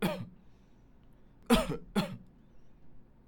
Coughing.